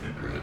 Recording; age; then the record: pig call; growing-finishing pig (85 days or more)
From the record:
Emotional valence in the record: positive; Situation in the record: run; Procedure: transit